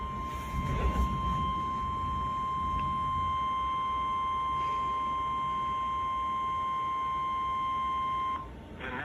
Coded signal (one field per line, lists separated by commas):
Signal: Emergency Alert System (SAME) tones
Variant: 1050 Hz attention tone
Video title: (EAS #4-6) 3 More Severe Thunderstorm Warnings for N.C. (7/20/2020)